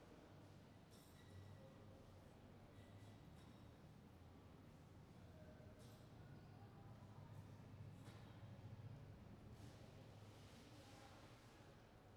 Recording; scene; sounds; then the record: everyday scene through a hearing-aid microphone; reverberant space; background noise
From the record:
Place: railway station hall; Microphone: behind the ear, right, rear